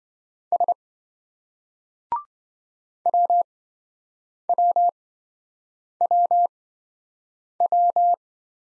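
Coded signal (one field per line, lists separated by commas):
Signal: Morse code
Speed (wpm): 26 wpm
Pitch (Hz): 700 Hz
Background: none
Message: S WWWW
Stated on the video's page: Morse single-letter practice drill in speed-racing format, starting fast and slowing to a 20 wpm base; the final repeat is sent at maximum speed.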